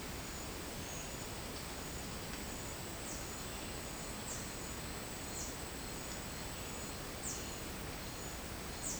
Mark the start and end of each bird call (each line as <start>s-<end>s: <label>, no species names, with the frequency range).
3.04s-3.36s: bird call (5.3-8.8 kHz)
4.25s-4.49s: bird call (4.5-8.9 kHz)
5.29s-5.52s: bird call (4.7-8.2 kHz)
7.21s-7.44s: bird call (5.0-9.0 kHz)
8.79s-8.99s: bird call (5.0-8.9 kHz)